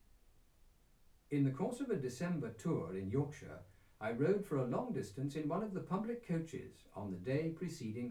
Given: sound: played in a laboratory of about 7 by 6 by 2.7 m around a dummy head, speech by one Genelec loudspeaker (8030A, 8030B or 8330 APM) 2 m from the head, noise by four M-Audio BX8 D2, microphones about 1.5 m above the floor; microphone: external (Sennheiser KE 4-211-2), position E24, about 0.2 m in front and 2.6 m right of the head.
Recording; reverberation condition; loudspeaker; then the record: male speech in English; low; 120 degrees to the left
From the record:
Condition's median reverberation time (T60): about 310 ms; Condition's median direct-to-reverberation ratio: about 3.5 dB